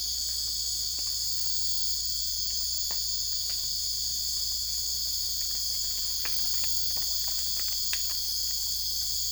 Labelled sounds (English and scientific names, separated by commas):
none